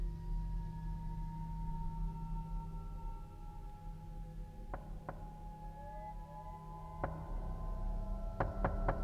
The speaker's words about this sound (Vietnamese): Ai ngờ dây lưng còn chưa kịp cởi, thì tiếng gõ cửa lại vang lên.